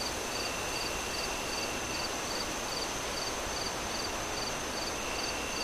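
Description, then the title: Crickets give regular high chirps, roughly two or three a second, with a sustained thin whine and constant gusting wind. Crickets chirping at night amid strong wind gusts through trees. "Relaxing Crickets Sounds On A Windy Night"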